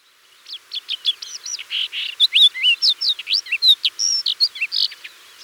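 Thekla's lark song starting softly, then a lively string of clear slurred whistles and sharp chirps at a rapid, uneven pace.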